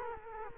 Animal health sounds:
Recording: mosquito wingbeat signal from an infrared sensor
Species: Culex quinquefasciatus

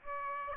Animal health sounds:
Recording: mosquito wingbeat signal from an infrared sensor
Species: Aedes aegypti

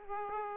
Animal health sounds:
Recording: mosquito wingbeat signal from an infrared sensor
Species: Aedes aegypti

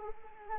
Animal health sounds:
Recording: mosquito wingbeat signal from an infrared sensor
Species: Anopheles arabiensis

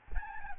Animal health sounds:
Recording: mosquito wingbeat signal from an infrared sensor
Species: Aedes albopictus

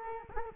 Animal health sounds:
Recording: mosquito wingbeat signal from an infrared sensor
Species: Culex quinquefasciatus

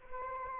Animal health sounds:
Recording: mosquito wingbeat signal from an infrared sensor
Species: Anopheles arabiensis

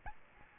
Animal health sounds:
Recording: mosquito wingbeat signal from an infrared sensor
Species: Aedes albopictus

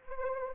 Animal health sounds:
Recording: mosquito wingbeat signal from an infrared sensor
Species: Anopheles arabiensis

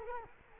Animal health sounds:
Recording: mosquito wingbeat signal from an infrared sensor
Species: Culex quinquefasciatus

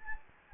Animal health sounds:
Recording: mosquito wingbeat signal from an infrared sensor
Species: Anopheles gambiae

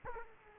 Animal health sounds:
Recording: mosquito wingbeat signal from an infrared sensor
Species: Aedes aegypti

